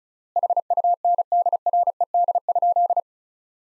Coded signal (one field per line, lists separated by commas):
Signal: Morse code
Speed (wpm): 36 wpm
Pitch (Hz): 700 Hz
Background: none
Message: HUNDRED?